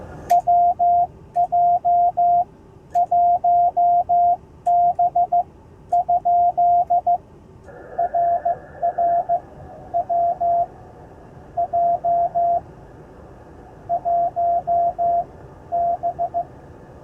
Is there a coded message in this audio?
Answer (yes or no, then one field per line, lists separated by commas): yes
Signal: Morse code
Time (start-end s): 0.3-16.4 s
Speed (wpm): 14 wpm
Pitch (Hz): 700 Hz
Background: none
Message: WJ1B ? RR WJ1B